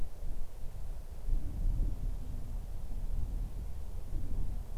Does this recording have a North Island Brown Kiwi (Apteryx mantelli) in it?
no